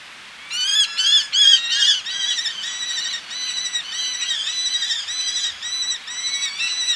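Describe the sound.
Eleonora's falcon calls: loud, shrill, squealing notes at first, then a rapid overlapping chatter of notes continuing steadily.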